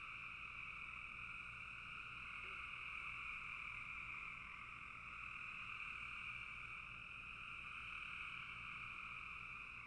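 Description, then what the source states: Frogs calling together in a thick, steady chorus of high trills that never pauses. Frogs calling in a bog.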